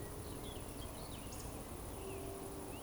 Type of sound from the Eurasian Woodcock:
whistle